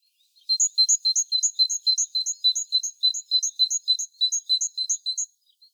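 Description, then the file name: Great tit calls: a fast, steady series of about eighteen sharp two-part notes, a high piercing tone over a lower one, lasting nearly five seconds in otherwise quiet surroundings. "Parus major"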